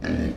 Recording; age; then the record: pig call; growing-finishing pig (85 days or more)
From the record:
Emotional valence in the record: negative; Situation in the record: barren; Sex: female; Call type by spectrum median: low-frequency call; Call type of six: low-frequency stable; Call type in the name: low-frequency stable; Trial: 1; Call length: 0.36 s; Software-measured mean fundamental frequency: 43 Hz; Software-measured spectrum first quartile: 183 Hz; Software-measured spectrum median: 306 Hz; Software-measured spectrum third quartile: 873 Hz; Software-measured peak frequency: 243 Hz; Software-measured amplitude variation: 151 dB a second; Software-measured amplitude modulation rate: 24.9 a second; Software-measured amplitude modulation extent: 6.1 dB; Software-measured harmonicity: -1.8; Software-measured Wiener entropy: -1.30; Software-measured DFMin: 1258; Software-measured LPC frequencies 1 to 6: 1712, 2400, 4027, 4640, 5663, 7404 Hz